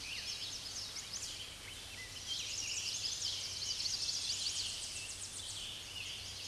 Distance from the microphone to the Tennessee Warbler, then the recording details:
about 35 m. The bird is about 5 m above the microphone. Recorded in a Pennsylvania forest on 16 May 2024 at 06:42. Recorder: AudioMoth, point MSD-2040. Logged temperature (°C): 15.3 °C. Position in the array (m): 68 m, 181 m